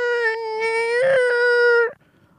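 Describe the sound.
A voice imitates a whining, moaning hot-water faucet with one sustained, wavering nasal tone for about two seconds, strongly harmonic and steady in loudness, rising slightly before cutting off abruptly.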